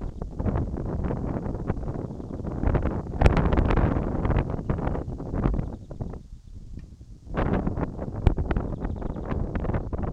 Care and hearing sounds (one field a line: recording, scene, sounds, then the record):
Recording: everyday scene through a hearing-aid microphone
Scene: wind on the microphone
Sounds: wind, birds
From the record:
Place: in front of a rural house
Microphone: in the ear canal, right